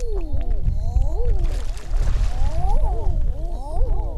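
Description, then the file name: Common eiders giving swooping, moaning coos in overlapping series, with a brief rushing noise in the middle and continuous low rumble throughout. Svalbard, 9 June 2010. "eider duck 09062010 svalbard"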